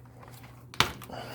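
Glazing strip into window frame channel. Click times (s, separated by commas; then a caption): 0.8 s. A full-width vinyl glazing strip is slid halfway up into the frame channel of a Milgard window and pressed in by hand. Faint handling rustle and a few light taps over a low steady hum lead to a sharp click at 0.8 s, followed by softer scraping. The strip seats in the channel.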